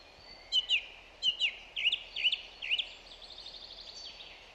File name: Zanglijster Turdus philomelos